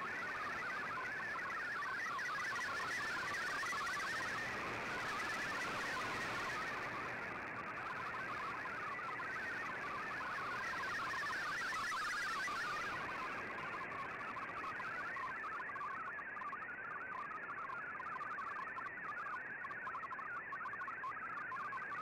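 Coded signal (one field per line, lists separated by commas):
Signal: multi-tone FSK (Olivia or MFSK type)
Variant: MFSK32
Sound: rapid warbling stream of hopping musical tones over hiss, steady throughout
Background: radio static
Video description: Here is my decode of the Shortwave Radiogram broadcast today on 15770Khz shortwave radio at 1330UTC in MFSK32 and 64 with 11 SSTV images.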